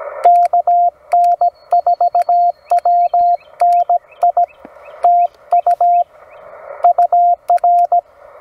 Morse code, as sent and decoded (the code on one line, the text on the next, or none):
-.- -. ....- .-- -. .. / - ..- / ..- .-.
KN4WNI TU UR